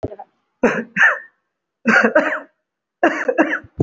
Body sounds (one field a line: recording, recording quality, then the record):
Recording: heavy voluntary cough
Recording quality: excellent, no background noise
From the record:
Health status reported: respiratory illness, not identified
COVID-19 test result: not tested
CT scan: not taken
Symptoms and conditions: cough, cold, breathing difficulty, asthma, chronic lung disease, hypertension, diabetes, ischaemic heart disease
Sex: male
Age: 54 years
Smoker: yes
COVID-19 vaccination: one dose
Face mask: worn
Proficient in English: no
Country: India